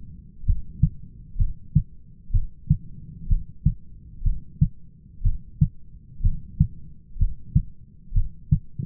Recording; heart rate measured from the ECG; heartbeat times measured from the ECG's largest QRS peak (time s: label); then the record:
heart sounds by stethoscope; 63 bpm
0.47 s: heartbeat
1.39 s: heartbeat
2.34 s: heartbeat
3.30 s: heartbeat
4.25 s: heartbeat
5.25 s: heartbeat
6.24 s: heartbeat
7.20 s: heartbeat
8.15 s: heartbeat
From the record:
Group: heart failure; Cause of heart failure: idiopathic cardiomyopathy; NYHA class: 1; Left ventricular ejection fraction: 50%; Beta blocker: bisoprolol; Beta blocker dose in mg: 5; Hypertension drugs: candesartan, spironolactone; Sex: male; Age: 54 years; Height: 180 cm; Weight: 94.6 kg